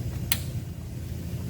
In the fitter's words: and you'll hear this thing snap. It's seated.